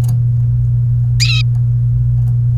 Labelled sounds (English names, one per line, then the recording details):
Domestic Canary song
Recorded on 28 April 2018 at 14:44
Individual llb3